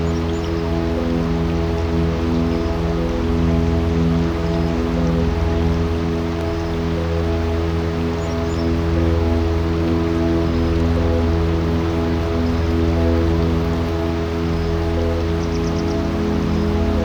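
Water at the Fischboedle lake makes a steady, dense hiss with a fine rain-like patter running through it. A constant low, layered hum sits underneath throughout. The level stays even across the whole stretch, with no distinct events standing out.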